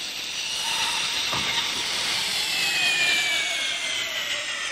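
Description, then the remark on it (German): A power woodworking machine, switched on at the main electric switch, runs steadily with a loud, bright whine and hiss, its high tones drifting slightly in pitch, with a brief rattling knock partway through and no voices. “Pumuckl, bist du in meiner Abwesenheit an die Maschine gekommen?”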